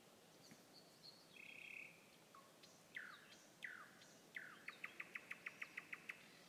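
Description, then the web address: Nightingale song: a sustained whistled note, a few sharp slurred notes, then a fast run of repeated clicking notes near the end. Song recorded 21 May 2016. "slowik-spiew-slowika-21-maja-2016-r"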